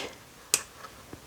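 A spark plug cap is pressed down onto the spark plug terminal again to show how it seats. One sharp, bright click is heard at 0.5 s, with two fainter ticks after it, and the cap is seated on the plug.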